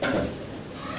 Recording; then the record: coughing mixed with background sound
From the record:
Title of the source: Residual Phlegmy Morning Coughing and Gagging